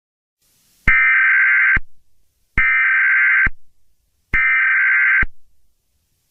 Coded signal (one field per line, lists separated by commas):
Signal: Emergency Alert System (SAME) tones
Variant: header bursts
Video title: (READ DESC) [EAS Scenario] The Trollge (Analog and Digital Horror)